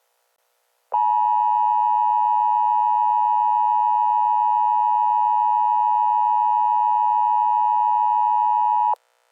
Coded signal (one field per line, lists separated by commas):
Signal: Emergency Alert System (SAME) tones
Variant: 853 and 960 Hz attention tone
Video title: EAS Mini Scenario - Keppler